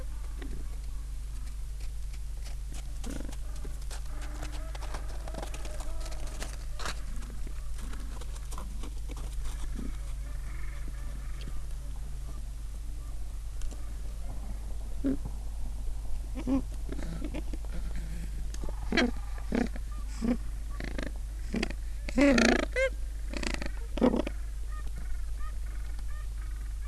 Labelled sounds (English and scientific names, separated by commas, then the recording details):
Gentoo Penguin (Pygoscelis papua)
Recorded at the colony at Booth Island, Antarctica, on 21 December 2014
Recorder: Song Meter SM2+